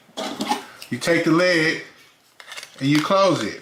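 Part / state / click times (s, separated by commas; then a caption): AA battery into TV remote battery compartment / seated / 0.4 s. A second AA battery is slid into the battery compartment of a DirecTV remote and pushed until it snaps into place with a short click at 0.4 s, leaving it seated. Someone talks throughout, with another brief sharp sound near 2.4 s.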